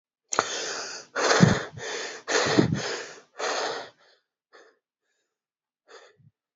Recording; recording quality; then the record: deep breathing; excellent, no background noise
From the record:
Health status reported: exposed to COVID-19, no respiratory illness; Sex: male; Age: 20 years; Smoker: no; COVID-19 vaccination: both doses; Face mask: not worn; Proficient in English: yes